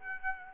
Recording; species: mosquito wingbeat signal from an infrared sensor; Aedes aegypti